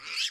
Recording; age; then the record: pig call; piglet (1 to 25 days)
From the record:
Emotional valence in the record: positive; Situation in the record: reunion after long isolation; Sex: female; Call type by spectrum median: high-frequency call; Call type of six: mixed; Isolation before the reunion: 8 minutes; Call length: 0.30 s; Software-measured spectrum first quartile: 2865 Hz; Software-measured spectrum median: 3755 Hz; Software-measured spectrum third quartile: 5099 Hz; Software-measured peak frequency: 3207 Hz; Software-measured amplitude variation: 115 dB a second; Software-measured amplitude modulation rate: 11.5 a second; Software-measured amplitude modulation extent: 9.9 dB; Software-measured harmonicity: 2.8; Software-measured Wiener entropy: -2.01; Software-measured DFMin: 921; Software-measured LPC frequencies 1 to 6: 1369, 2589, 3252, 4605, 5187, 7292 Hz